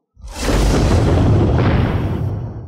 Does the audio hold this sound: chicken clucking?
no